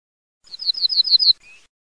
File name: ORTOLANO